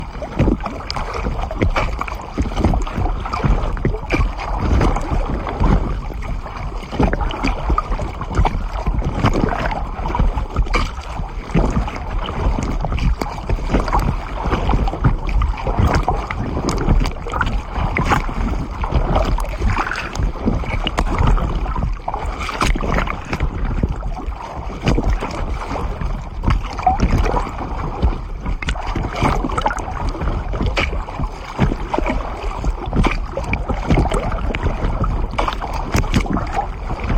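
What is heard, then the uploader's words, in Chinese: Swimming underwater in deep open water, with a steady low rumble and a dense wash of sound filling the whole 37 seconds. Quick crackles and bubbly pops come constantly and irregularly, with no quiet gaps, and the level stays nearly even throughout. 水深30米公开水域畅游。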